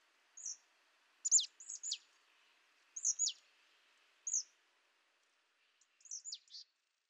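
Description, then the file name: Marsh tit calling with short, sharp, high notes, often paired with a steeply falling second note, repeated at irregular intervals in a quiet setting. "Poecile palustris"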